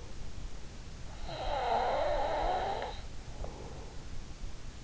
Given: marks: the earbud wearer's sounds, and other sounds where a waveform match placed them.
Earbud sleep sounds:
sounds in sleep by an in-ear microphone; snoring breath
0.80-3.77 s: snoring breath

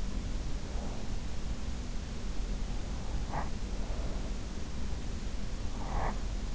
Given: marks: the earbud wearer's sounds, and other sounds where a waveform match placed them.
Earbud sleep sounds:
sounds in sleep by an in-ear microphone; breath
0.09-0.95 s: breath
3.24-4.01 s: breath
5.79-6.51 s: breath

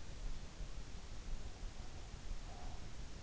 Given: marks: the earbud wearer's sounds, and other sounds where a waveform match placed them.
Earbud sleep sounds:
sounds in sleep by an in-ear microphone; breath
1.31-3.01 s: breath

